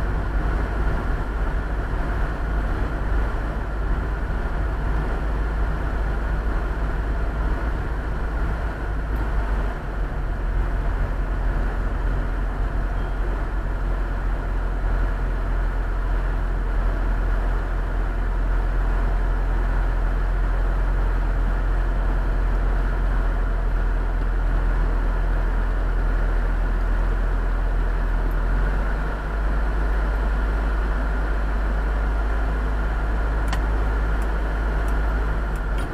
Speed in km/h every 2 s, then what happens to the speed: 32, 29, 27, 24, 18, 15, 10, 6, 5, 0, 0, 0, 0, 0, 0, 0, 0, 0.
0-17 slows to 0. 17-36 standing.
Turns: none.